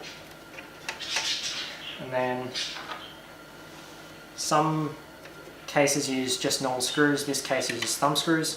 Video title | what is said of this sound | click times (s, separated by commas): PC build guide 2018 | that's and that push it down to hear it click and then | 0.9 s